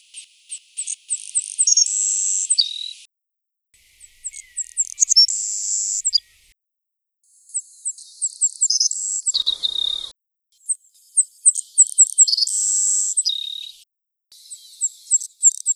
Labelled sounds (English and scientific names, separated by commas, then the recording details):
Savannah Sparrow (Passerculus sandwichensis) song
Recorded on Kent Island, New Brunswick, in 2010